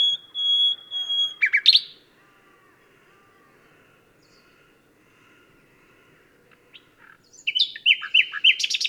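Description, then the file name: Common nightingale song: a long steady high whistle with a sharp flourish, a quiet pause, then a burst of varied rapid notes and trills. "Luscinia megarhynchos"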